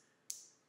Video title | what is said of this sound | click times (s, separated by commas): Switchback LED Turn signal Load Resistor Wiring | two clicks click click | 0.3 s